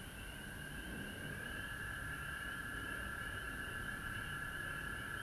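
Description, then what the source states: Frogs calling en masse, a steady trilling drone over a low rumbling background. Frogs recorded at home in Georgia on March 19, 2020.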